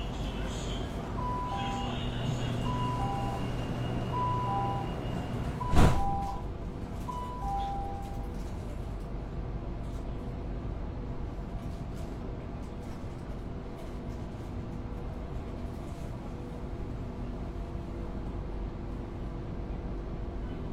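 Inside a Shenzhen metro car, the air conditioning blows as a steady, dense rush over a low rumble. Short, evenly spaced electronic beeps sound through the first eight seconds, with a sharp knock near six seconds, then the even hiss continues.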